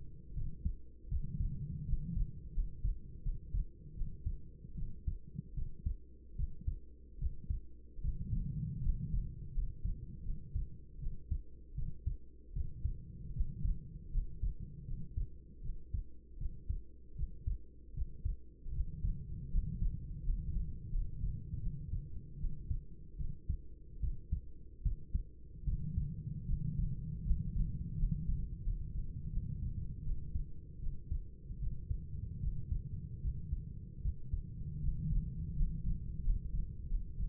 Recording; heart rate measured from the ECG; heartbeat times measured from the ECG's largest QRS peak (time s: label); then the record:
heart sounds by stethoscope; 79 bpm
0.33 s: heartbeat
1.07 s: heartbeat
1.84 s: heartbeat
2.52 s: heartbeat
3.21 s: heartbeat
3.93 s: heartbeat
4.74 s: heartbeat
5.53 s: heartbeat
6.35 s: heartbeat
7.17 s: heartbeat
8.00 s: heartbeat
8.80 s: heartbeat
9.52 s: heartbeat
10.22 s: heartbeat
10.98 s: heartbeat
11.73 s: heartbeat
12.52 s: heartbeat
13.31 s: heartbeat
14.10 s: heartbeat
14.84 s: heartbeat
15.60 s: heartbeat
16.36 s: heartbeat
17.14 s: heartbeat
17.92 s: heartbeat
18.71 s: heartbeat
19.49 s: heartbeat
20.23 s: heartbeat
20.90 s: heartbeat
21.59 s: heartbeat
22.36 s: heartbeat
23.16 s: heartbeat
23.99 s: heartbeat
24.82 s: heartbeat
25.63 s: heartbeat
26.44 s: heartbeat
27.22 s: heartbeat
27.95 s: heartbeat
28.62 s: heartbeat
29.29 s: heartbeat
30.01 s: heartbeat
30.78 s: heartbeat
31.58 s: heartbeat
32.39 s: heartbeat
33.20 s: heartbeat
34.00 s: heartbeat
34.79 s: heartbeat
35.54 s: heartbeat
36.21 s: heartbeat
36.86 s: heartbeat
From the record:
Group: healthy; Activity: rest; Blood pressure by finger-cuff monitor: 96/54 mmHg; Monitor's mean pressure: 68 mmHg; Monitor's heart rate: 77 bpm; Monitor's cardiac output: 6.8 L/min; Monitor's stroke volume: 85 mL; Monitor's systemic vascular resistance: 720 dyn s/cm5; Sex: female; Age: 26 years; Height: 165 cm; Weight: 55 kg